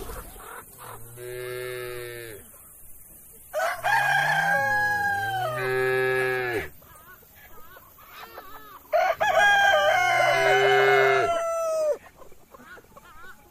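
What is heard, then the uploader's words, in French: Roosters crow on a farm, three long cock-a-doodle-doo calls at about one, four and nine seconds, each rising, holding and breaking off. The second and third are loud and overlap with another bird's crow, while quieter clucks and rustling fill the gaps. A la ferme avec ses animaux.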